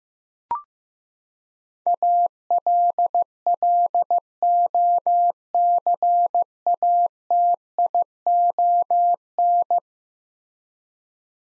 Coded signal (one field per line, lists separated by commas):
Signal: Morse code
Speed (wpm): 16 wpm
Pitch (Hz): 700 Hz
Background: none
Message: ALLOCATION